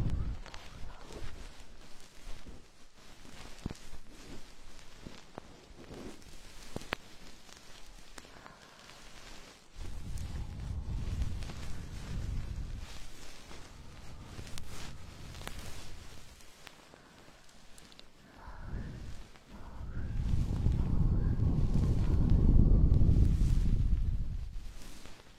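Ear cleaning with a goose-feather stick: soft, fizzy rustling and light scratches run throughout, with scattered brief clicks early on. Deep, muffled rumbling swells in around 10 to 13 seconds, briefly near 19, then grows loudest from about 20 seconds to the end.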